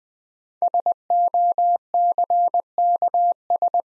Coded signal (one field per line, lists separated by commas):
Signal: Morse code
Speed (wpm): 20 wpm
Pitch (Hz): 700 Hz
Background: none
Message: SOCKS